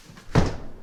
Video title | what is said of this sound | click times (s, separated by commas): DIY Garage Window Panels make perfect sense! | pops into place there we | 0.3 s